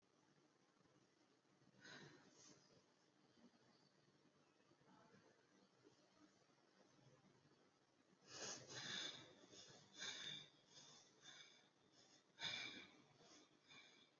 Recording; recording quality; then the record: shallow breathing; excellent, no background noise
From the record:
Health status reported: exposed to COVID-19, no respiratory illness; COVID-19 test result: negative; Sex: female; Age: 29 years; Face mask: worn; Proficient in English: yes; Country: India